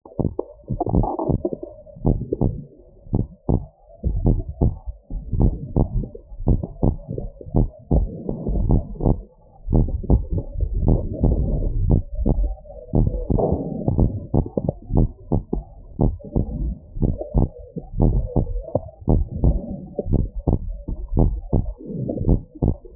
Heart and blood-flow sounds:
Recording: heart sounds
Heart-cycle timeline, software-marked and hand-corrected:
0.00	0.24	systole
0.24	0.32	S2
0.32	0.94	diastole
0.94	1.06	S1
1.06	1.30	systole
1.30	1.42	S2
1.42	2.06	diastole
2.06	2.18	S1
2.18	2.42	systole
2.42	2.54	S2
2.54	3.14	diastole
3.14	3.26	S1
3.26	3.50	systole
3.50	3.60	S2
3.60	4.24	diastole
4.24	4.38	S1
4.38	4.62	systole
4.62	4.74	S2
4.74	5.38	diastole
5.38	5.52	S1
5.52	5.76	systole
5.76	5.88	S2
5.88	6.48	diastole
6.48	6.60	S1
6.60	6.84	systole
6.84	6.96	S2
6.96	7.56	diastole
7.56	7.68	S1
7.68	7.92	systole
7.92	8.06	S2
8.06	8.68	diastole
8.68	8.84	S1
8.84	9.06	systole
9.06	9.18	S2
9.18	9.72	diastole
9.72	9.88	S1
9.88	10.10	systole
10.10	10.22	S2
10.22	10.84	diastole
10.84	11.00	S1
11.00	11.24	systole
11.24	11.40	S2
11.40	11.88	diastole
11.88	12.04	S1
12.04	12.38	systole
12.38	12.52	S2
12.52	13.00	diastole
13.00	13.14	S1
13.14	13.36	systole
13.36	13.46	S2
13.46	13.96	diastole
13.96	14.10	S1
14.10	14.34	systole
14.34	14.46	S2
14.46	14.94	diastole
14.94	15.08	S1
15.08	15.32	systole
15.32	15.42	S2
15.42	16.00	diastole
16.00	16.14	S1
16.14	16.36	systole
16.36	16.46	S2
16.46	17.02	diastole
17.02	17.14	S1
17.14	17.36	systole
17.36	17.48	S2
17.48	18.02	diastole
18.02	18.18	S1
18.18	18.42	systole
18.42	18.50	S2
18.50	19.10	diastole
19.10	19.26	S1
19.26	19.46	systole
19.46	19.60	S2
19.60	20.12	diastole
20.12	20.26	S1
20.26	20.48	systole
20.48	20.58	S2
20.58	21.16	diastole
21.16	21.32	S1
21.32	21.54	systole
21.54	21.66	S2
21.66	22.26	diastole
22.26	22.40	S1
22.40	22.62	systole
22.62	22.74	S2
22.74	22.96	diastole
From the record:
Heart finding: abnormal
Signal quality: good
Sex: female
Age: 48 years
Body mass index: 35.4

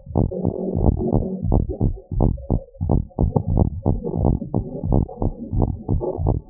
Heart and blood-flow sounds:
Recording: heart sounds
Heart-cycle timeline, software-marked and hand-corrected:
0.00	0.16	diastole
0.16	0.30	S1
0.30	0.52	systole
0.52	0.58	S2
0.58	0.80	diastole
0.80	0.96	S1
0.96	1.14	systole
1.14	1.24	S2
1.24	1.48	diastole
1.48	1.64	S1
1.64	1.82	systole
1.82	1.94	S2
1.94	2.18	diastole
2.18	2.32	S1
2.32	2.52	systole
2.52	2.62	S2
2.62	2.86	diastole
2.86	3.02	S1
3.02	3.22	systole
3.22	3.34	S2
3.34	3.54	diastole
3.54	3.68	S1
3.68	3.88	systole
3.88	4.00	S2
4.00	4.22	diastole
4.22	4.36	S1
4.36	4.56	systole
4.56	4.66	S2
4.66	4.90	diastole
4.90	5.06	S1
5.06	5.26	systole
5.26	5.34	S2
5.34	5.56	diastole
5.56	5.70	S1
5.70	5.90	systole
5.90	6.02	S2
6.02	6.20	diastole
6.20	6.34	S1
6.34	6.50	systole
From the record:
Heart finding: normal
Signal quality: good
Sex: female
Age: 62 years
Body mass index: 32.4

